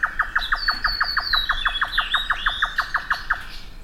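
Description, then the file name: Grey nightjar repeating knocking chuck notes in a steady rapid run, with high sliding whistles of other birds in the background. "nightjar-grey -Caprimulgus-jotaka"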